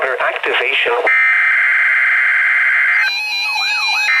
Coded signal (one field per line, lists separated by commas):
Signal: Emergency Alert System (SAME) tones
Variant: header bursts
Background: speech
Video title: Required Weekly Test - 09/13/17 (EAS #1,513)